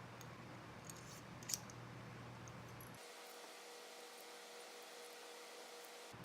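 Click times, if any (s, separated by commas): 1.5 s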